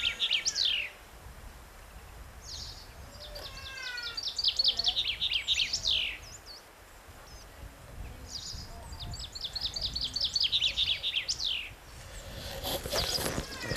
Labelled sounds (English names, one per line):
Common Chaffinch song